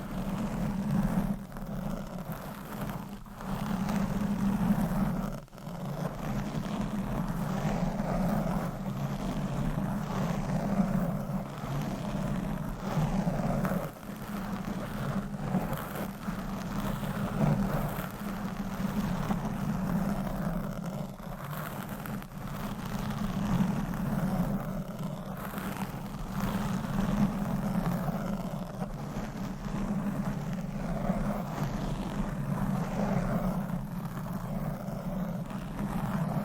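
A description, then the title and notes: Microphone scratching and rubbing over a steady, low droning rumble that holds for the whole clip. Brief scraping bursts cut in irregularly, with sharper knocks near 5, 14 and 22 seconds, over a constant hissy wash, close to the mic. ASMR Mic Scratching - Brain Scratching Brain Melting Asmr No Talking.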